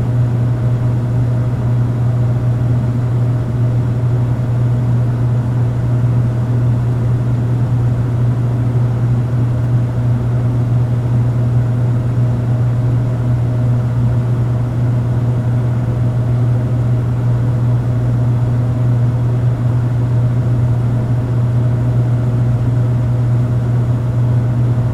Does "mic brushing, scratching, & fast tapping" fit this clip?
no